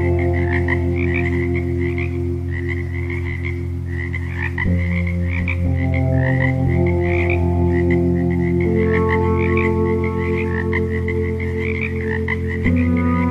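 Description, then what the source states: Frog croaks, a steady stream of short rattling notes, heard over loud sustained low music tones that change pitch every few seconds. Frog sounds as ambient nature sounds.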